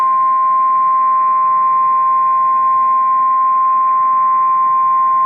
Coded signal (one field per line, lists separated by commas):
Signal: Emergency Alert System (SAME) tones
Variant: 1050 Hz attention tone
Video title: Severe Thunderstorm Warning (Columbia, Dane, Sauk Counties, WI) (5/15/25) [EAS #164]